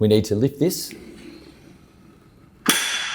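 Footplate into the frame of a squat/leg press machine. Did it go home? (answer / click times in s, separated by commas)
yes / 2.7 s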